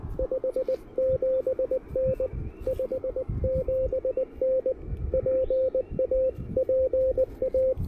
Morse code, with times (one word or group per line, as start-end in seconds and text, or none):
0.2-2.3 57N
2.7-4.7 57N
5.1-6.3 PA
6.6-7.7 PA